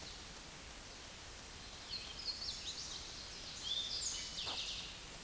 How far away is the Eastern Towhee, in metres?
about 40 m